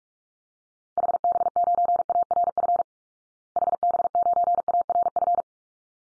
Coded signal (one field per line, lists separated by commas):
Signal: Morse code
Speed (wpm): 44 wpm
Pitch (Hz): 700 Hz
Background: none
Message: HB9ARF HB9ARF